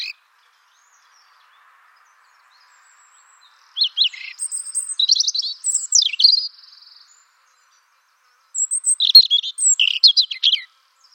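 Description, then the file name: European robin song: after near-silence, two bursts of high, thin, varied warbling phrases with sliding whistles and trills, separated by a pause of about one and a half seconds. "Erithacus rubecula"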